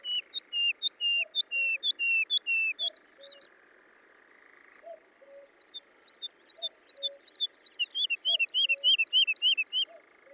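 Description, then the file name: Woodlark song of repeated slurred whistles falling in series, a short break, then a faster run of notes, with soft low two-note calls of another bird. "British Library - ZHavoronok Lesnoj (Zvyki com)"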